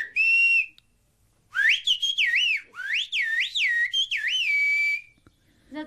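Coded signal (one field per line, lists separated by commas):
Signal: whistled language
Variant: Turkish Kuş dili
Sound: loud pure whistle gliding up and down in several connected phrases, with short pauses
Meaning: A private family code phrase inviting a brother down to the valley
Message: brother let's go down to the valley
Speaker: you can even whistle in code so the neighbors don't understand ours goes like this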